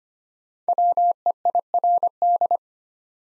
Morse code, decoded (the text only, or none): WEIRD